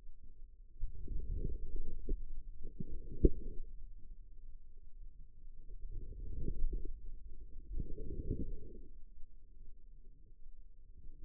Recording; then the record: forearm muscle sounds (acoustic myography)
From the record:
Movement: outward rotation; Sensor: system 2, bracelet of six BSWA MPA416 microphones around the upper forearm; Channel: 3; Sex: female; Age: 25 years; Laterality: right